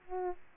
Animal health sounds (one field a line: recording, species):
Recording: mosquito wingbeat signal from an infrared sensor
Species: Aedes aegypti